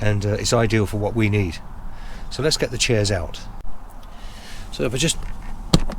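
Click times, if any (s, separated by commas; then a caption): 5.7 s. Someone talks, then a small plastic catch on the lid of a storage container holding compact camping chairs is flicked open with a sharp click at 5.7 s. The catch is released so the lid can be lifted.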